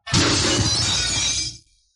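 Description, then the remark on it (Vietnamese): A crisp, glassy shattering of a magical light shield smashed by a great force bursts out loudly and holds as a bright, crackling crash for about a second and a half before cutting off into silence, with no voices. “Một tiếng vỡ thanh thúy truyền đến, khi đầu thánh giai ma thú này biết là chính mình đã sai, vội vàng thi triển thần thông khác để ngăn cản nhưng đã muộn.”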